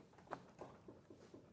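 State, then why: Seated. A locking lever on a suction gripper of a ruler handle is flipped into place after the gripper is stuck down, giving one sharp click at 0.3 s. A few softer knocks follow. The gripper lock engages and holds the handle solidly.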